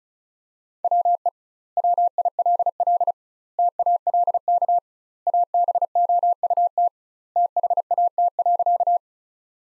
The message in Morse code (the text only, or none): WE WILL TALK ABOUT THAT.